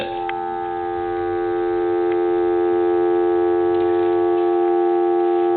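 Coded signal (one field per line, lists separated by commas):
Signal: telephone call progress tone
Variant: North America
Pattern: dial tone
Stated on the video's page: Call progress tone from an AT&T 5.8 MHz cordless telephone under repair.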